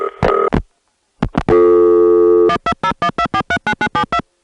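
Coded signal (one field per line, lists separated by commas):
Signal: DTMF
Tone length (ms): 70 ms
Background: music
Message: 12012439972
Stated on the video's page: Recordings of the old long-distance telephone network in northern urban cities, 1974-1978.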